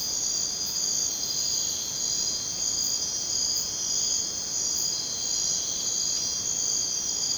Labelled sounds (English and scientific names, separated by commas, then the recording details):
none
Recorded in dense forest near Puerto Asís, Putumayo, Colombia, on 22 June 2025 at 01:00
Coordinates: 0.484, -76.317
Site G045